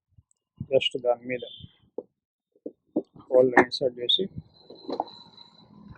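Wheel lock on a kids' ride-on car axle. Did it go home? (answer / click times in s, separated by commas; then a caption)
yes / 5.0 s. A tire is fitted onto the axle hole of a restored kids' ride-on car, and its plastic wheel lock is pressed home, clicking into place at 5.0 s. Someone talks throughout, with a few short knocks earlier in the clip. The lock is seated.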